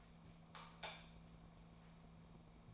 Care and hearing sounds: daily activity, microphone in the room; light off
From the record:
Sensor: 1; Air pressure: 1000.0 hPa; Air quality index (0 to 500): 130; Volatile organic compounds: 2 ppm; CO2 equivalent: 1233 ppm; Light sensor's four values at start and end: 35/95/38/46 and 32/80/33/41

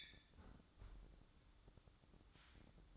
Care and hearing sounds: daily activity, microphone in the room; close fridge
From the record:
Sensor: 3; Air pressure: 1007.7 hPa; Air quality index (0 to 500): 79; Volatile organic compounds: 1 ppm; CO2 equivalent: 671 ppm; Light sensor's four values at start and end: 12/29/12/12 and 12/29/12/12

